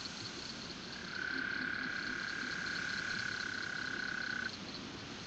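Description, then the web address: Toad's steady pulsed trill lasting about three and a half seconds over a hissy background, with faint higher rhythmic pulsing throughout. "Bufonidae"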